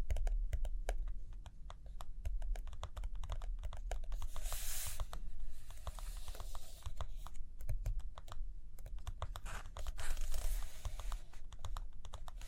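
Tapping on paper with a pen, a quick, irregular run of sharp clicks throughout, some in fast bursts. Around four to five seconds and again near ten seconds, a brighter rustling scrape rises over the taps, like a page turning or a pen scratching.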